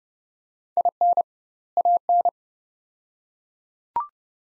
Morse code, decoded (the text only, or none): IN AN